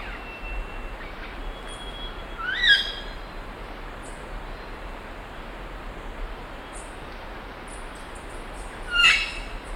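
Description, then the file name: Imperial amazon uttering two brief, harsh calls spaced about six seconds apart, with faint high chirps and steady hiss between them. "imperial parrot"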